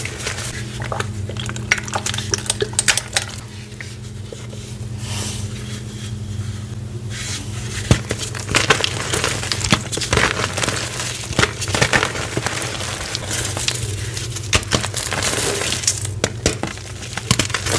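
Gym chalk soaked with baby oil is crushed, giving dense, irregular crinkling and crackling that runs throughout, with sharp snaps clustered early and again after about eight seconds. A steady low hum sits underneath the whole time.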